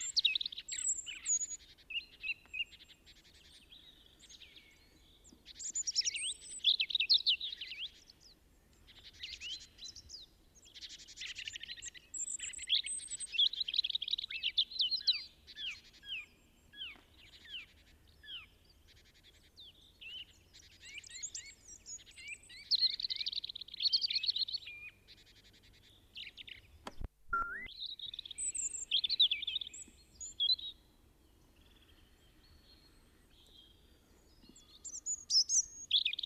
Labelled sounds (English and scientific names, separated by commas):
European Robin (Erithacus rubecula) song